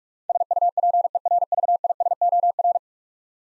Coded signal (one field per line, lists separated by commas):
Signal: Morse code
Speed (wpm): 44 wpm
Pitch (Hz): 700 Hz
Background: none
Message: SUPERVISOR